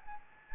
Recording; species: mosquito wingbeat signal from an infrared sensor; Anopheles gambiae